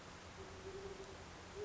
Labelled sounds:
Great Horned Owl
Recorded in Sonoma County, California

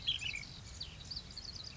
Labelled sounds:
Ash-throated Flycatcher
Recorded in Sonoma County, California

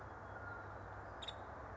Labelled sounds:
Nuttall's Woodpecker
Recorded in Sonoma County, California

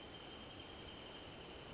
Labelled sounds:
Wrentit
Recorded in Sonoma County, California

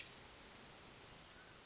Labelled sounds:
Hermit Thrush
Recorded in Sonoma County, California

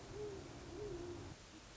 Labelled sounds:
Great Horned Owl
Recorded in Sonoma County, California

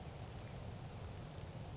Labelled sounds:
Grasshopper Sparrow
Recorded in Sonoma County, California

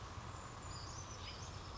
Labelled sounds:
Brown Creeper
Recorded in Sonoma County, California

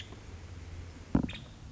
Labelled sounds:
Nuttall's Woodpecker
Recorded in Sonoma County, California

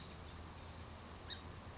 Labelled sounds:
Song Sparrow
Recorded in Sonoma County, California

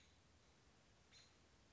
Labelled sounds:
American Robin
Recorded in Sonoma County, California

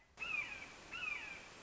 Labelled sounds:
Red-shouldered Hawk
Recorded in Sonoma County, California

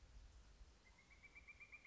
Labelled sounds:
Pileated Woodpecker
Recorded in Sonoma County, California

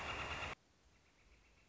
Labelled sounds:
Northern Flicker
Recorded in Sonoma County, California

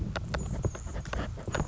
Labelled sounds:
Anna's Hummingbird
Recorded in Sonoma County, California

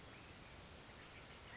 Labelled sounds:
California Towhee
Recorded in Sonoma County, California

